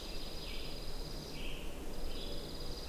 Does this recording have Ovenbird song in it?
no